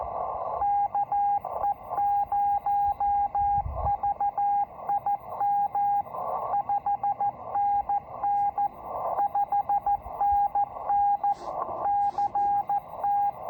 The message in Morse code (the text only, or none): KE0VIM 5NN 5NN CT